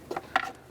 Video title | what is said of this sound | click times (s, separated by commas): How to Replace Camshaft Position Sensor 2005-2007 Jeep Liberty | and you'll feel it pop right into place next you want to grab your air filter | 0.4 s